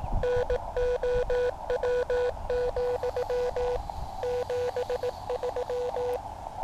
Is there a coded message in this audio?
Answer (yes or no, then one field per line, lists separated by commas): yes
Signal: Morse code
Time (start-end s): 0.2-6.2 s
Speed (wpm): 18 wpm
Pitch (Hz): 490 Hz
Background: radio noise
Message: NOW, 73